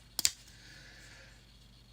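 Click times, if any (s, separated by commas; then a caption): 0.2 s. A button-lock automatic folding knife: the safety slider gives a positive click, then the button is pressed and the blade snaps open and locks. A sharp double click sounds at 0.2 s and 0.3 s, followed by quiet. The blade fires open and locks up solid.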